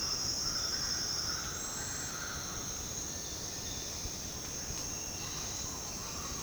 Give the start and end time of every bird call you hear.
[0.00, 2.68] Speckled Chachalaca (0.5-2.4 kHz)
[0.68, 3.81] Silvered Antbird (3.1-4.9 kHz)
[5.20, 6.42] Speckled Chachalaca (0.4-2.0 kHz)

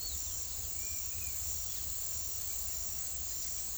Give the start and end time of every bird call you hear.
[0.80, 1.32] Yellow-crowned Tyrannulet (1.9-3.0 kHz)

